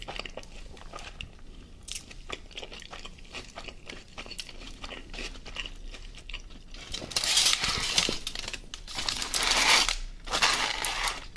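Eating a döner with sips of Coca Cola: a steady run of short clicks, crackles and wet chewing sounds for the first seven seconds. From about seven seconds, louder bright bursts of crunching and rustling arrive in two waves, peaking near eight and ten seconds.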